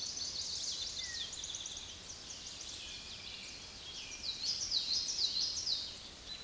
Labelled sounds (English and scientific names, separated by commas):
Common Yellowthroat (Geothlypis trichas) song